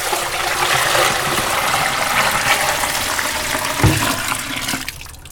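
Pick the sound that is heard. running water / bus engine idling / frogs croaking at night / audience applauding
running water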